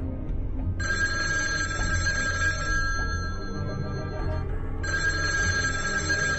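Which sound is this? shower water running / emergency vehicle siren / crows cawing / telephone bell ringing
telephone bell ringing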